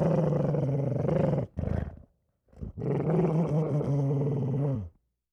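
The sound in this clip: Dog giving a deep, rough growl, a brief break and a short growl, then a sustained rumbling growl that ends abruptly.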